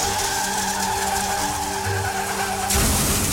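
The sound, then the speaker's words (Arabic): A car's tires skid with a sustained, wavering squeal over a rumbling engine on a road late at night, then a sudden loud, noisy crash bursts in near the end as the car overturns in the middle of a cemetery, striking a tomb. No one speaks. “أفكركم أن أنا كنت أنا وصاحبي على الطريق بالليل متأخر، وبعد مجموعة من العلامات والشواهد الغريبة واللي كان أبرزها تداخل صوت صراخ مع صوت الراديو، اتقلبت بينا العربية.”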